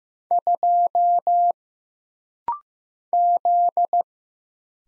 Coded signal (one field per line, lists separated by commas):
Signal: Morse code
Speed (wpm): 15 wpm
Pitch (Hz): 700 Hz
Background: none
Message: 2 Z